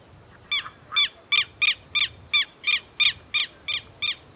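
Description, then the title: Black-crested warbler song: a steady, evenly spaced run of bright, sharp chip notes, roughly three per second, over quiet background hiss. "Myiothlypis Nigrocristata"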